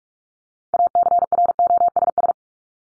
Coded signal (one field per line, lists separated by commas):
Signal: Morse code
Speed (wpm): 44 wpm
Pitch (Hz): 700 Hz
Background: none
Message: ACROSS